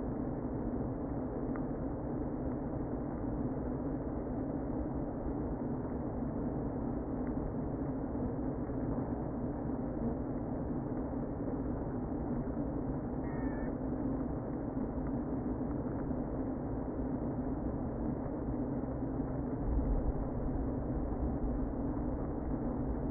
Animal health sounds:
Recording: honeybee colony, microphone inside the hive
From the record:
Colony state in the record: queen present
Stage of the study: before two queens were removed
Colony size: about 60,000 bees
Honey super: yes

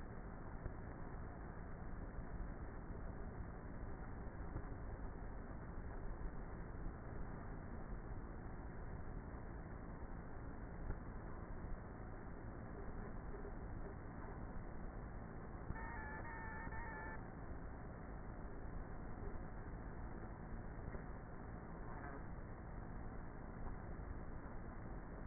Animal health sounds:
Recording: honeybee colony, microphone inside the hive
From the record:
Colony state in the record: queenless with a low population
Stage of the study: before two queens were removed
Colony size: about 30,000 bees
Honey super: no

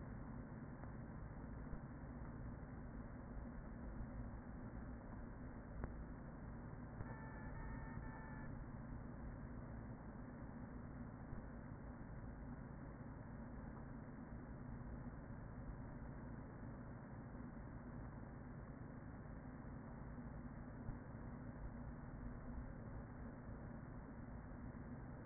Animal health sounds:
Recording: honeybee colony, microphone inside the hive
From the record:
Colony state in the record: queen present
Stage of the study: after two queens were removed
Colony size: about 40,000 bees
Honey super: no

